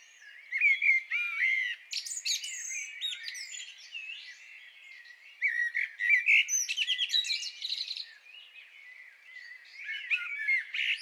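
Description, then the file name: Common blackbird singing warbled phrases with high-pitched squeaks and twitters, in several loud bursts separated by softer notes. "Turdus merula"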